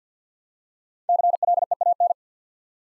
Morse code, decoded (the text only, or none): CLEAN